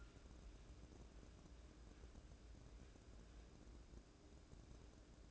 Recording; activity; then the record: daily activity, microphone in the room; wipe stove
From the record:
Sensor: 2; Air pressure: 1012.2 hPa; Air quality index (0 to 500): 160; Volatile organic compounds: 2 ppm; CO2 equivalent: 1162 ppm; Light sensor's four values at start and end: 401/1076/401/435 and 402/1076/401/435